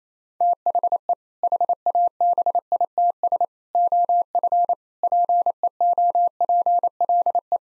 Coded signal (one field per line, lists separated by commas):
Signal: Morse code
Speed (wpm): 28 wpm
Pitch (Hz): 700 Hz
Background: none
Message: THE HABITS OF PEOPLE